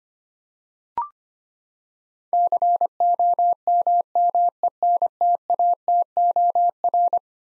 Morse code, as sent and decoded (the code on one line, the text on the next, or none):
-.-. --- -- -- . -. - .- - --- .-.
COMMENTATOR